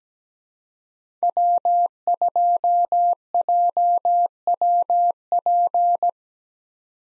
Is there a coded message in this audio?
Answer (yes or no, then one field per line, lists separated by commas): yes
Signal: Morse code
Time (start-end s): 1.2-6.1 s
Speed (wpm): 17 wpm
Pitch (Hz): 700 Hz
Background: none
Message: W2JWP